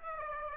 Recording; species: mosquito wingbeat signal from an infrared sensor; Aedes aegypti